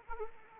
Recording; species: mosquito wingbeat signal from an infrared sensor; Anopheles arabiensis